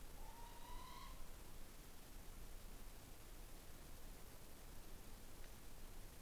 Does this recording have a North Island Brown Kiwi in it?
no